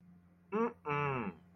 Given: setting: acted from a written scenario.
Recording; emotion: vocal sound without words; disgust